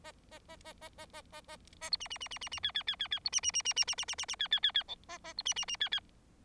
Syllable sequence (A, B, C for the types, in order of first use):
A A A A A A A A A A B C C C C C C D D D D D B C C C C C C C C C C D D D D E A A B C C C D D